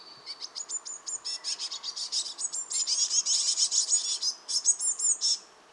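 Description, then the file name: Eurasian blue tit delivering an almost continuous stream of buzzy, rapid high chattering notes that grows louder toward the middle. "Cyanistes caeruleus"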